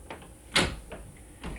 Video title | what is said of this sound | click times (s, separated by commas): How to fix a sagging rubbing door that won’t close | can hear there it's actually latched now. | 0.6 s